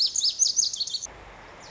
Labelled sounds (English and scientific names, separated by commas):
Lazuli Bunting (Passerina amoena)